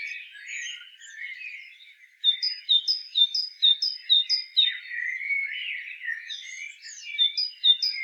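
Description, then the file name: Great tit calls: a clear, rhythmic series of high two-part notes repeating about twice a second, over soft, busy twittering throughout. "Parus major"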